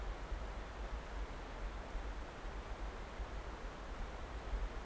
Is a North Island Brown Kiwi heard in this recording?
no